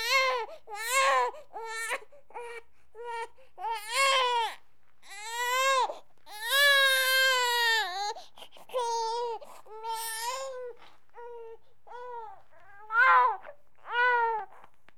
Baby crying.